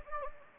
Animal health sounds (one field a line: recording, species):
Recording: mosquito wingbeat signal from an infrared sensor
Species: Anopheles gambiae